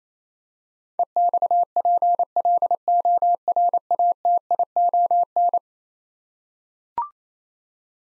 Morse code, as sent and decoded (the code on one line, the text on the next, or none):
. -..- .--. .-.. --- .-. .- - .. --- -.
EXPLORATION